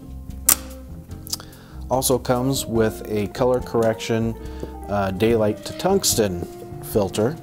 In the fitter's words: diffusion panel snaps right into place